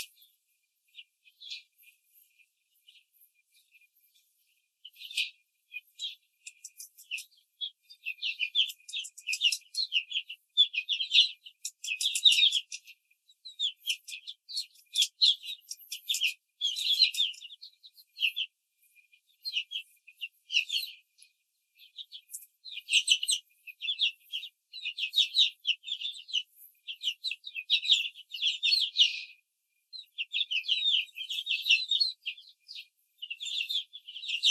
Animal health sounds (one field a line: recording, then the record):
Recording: young laying hens in a cage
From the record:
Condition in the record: control cage, after the stress test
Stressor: none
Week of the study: 4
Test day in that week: 1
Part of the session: 3